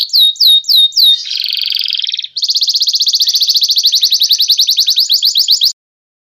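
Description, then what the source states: Bird song: four sharp downslurred whistles, then a buzzy rasping phrase, followed by a long rapid high trill that stops abruptly. Training song used to teach songbirds.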